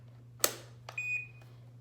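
A battery pack is slid along its grooves onto the back of an Inogen One G5 portable oxygen concentrator and latches with a sharp click at 0.4 s, with a steady low hum underneath. A faint tap at 0.9 s is followed by a clear electronic beep from about 1.0 to 1.3 s as the unit powers up, confirming the battery is seated.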